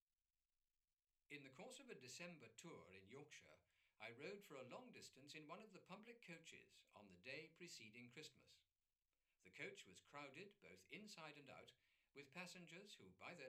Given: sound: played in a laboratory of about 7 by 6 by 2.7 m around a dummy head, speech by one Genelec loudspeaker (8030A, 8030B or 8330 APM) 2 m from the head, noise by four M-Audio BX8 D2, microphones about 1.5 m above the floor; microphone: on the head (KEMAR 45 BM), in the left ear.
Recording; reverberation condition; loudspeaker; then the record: male speech in English; low; 30 degrees to the left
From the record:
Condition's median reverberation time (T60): about 310 ms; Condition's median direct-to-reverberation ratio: about 3.5 dB